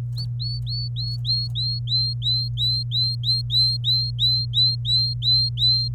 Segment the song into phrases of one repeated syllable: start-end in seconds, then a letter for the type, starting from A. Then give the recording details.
0.17-5.88 A. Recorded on 27 April 2018 at 08:12. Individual llb3